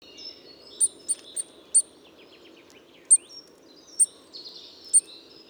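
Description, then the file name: Eurasian nuthatch calls: a quick series of sharp high notes, then scattered single notes, with soft chirps from other birds and a low steady hum. "Sitta europaea"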